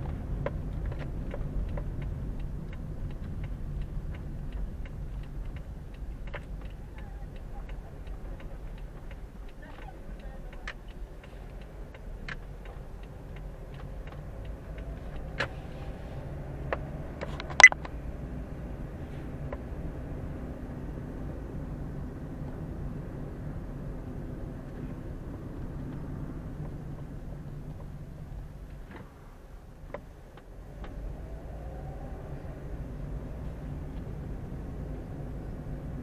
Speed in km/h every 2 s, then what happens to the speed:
20, 16, 12, 9, 7, 6, 9, 12, 18, 23, 27, 29, 29, 21, 8, 11, 18, 22.
0-10 slows to 6. 10-22 speeds up to 29. 22-28 brakes to 8. 28-36 speeds up to 22.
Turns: 9-14.